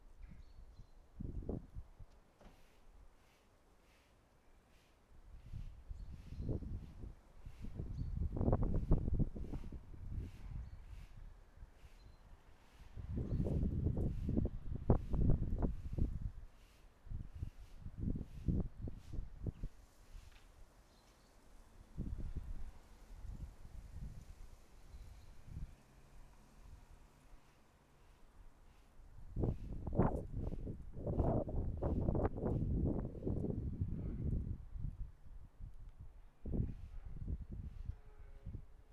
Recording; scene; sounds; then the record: everyday scene through a hearing-aid microphone; wind on the microphone; wind, other noises, traffic, birds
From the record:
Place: suburban garden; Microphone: behind the ear, right, front